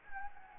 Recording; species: mosquito wingbeat signal from an infrared sensor; Anopheles gambiae